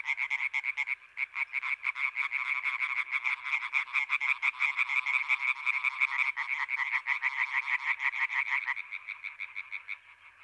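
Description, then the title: European tree frogs give a continuous chorus of rapid, raspy croaks, several animals overlapping, easing slightly in the final seconds. European tree frogs in intense chorus at Étang des Marguilliers, Sologne, France, 21 May 1993, an hour after nightfall. "Choeur de rainettes en Sologne"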